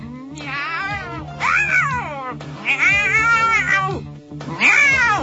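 A cat yowls and caterwauls in four long, wavering, high-pitched cries, each rising and falling, with brief pauses between them over a steady low hum.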